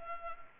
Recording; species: mosquito wingbeat signal from an infrared sensor; Culex pipiens